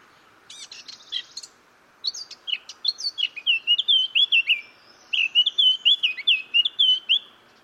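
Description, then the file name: Eurasian blackcap: a short buzzy rattle, then two bright fluting phrases of rapid, clear whistled notes separated by a brief pause. "Sylvia atricapilla"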